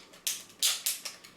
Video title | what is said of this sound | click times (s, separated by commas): Video Review of the Mattycollector.com: VOLTRON | up and in. They lock into place. | 0.3 s, 0.9 s